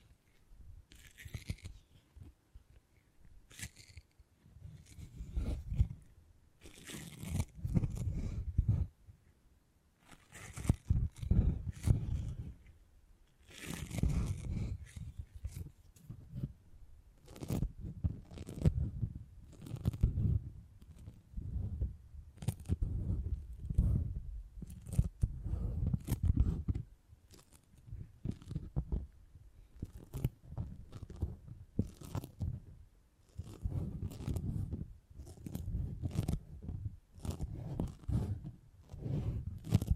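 Beeswax is worked by hand, giving irregular bursts of crunching, crackling and tearing sounds that come in quick clusters with short pauses between. The texture stays mostly low and soft, with occasional sharper, brighter crackles cutting through, and it continues throughout.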